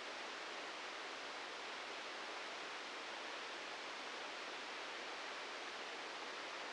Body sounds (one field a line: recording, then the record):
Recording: brain microelectrode recording played as sound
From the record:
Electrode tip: outside the subthalamic nucleus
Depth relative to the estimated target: 3 mm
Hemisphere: right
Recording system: NeuroSet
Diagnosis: Parkinson's disease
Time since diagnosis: 13 years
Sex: male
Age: 63 years